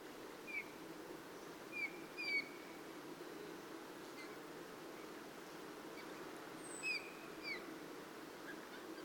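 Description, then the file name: Eurasian bullfinch uttering brief soft whistled notes, several early on and a pair later, over a quiet, even noise bed. "Pyrrhula pyrrhula"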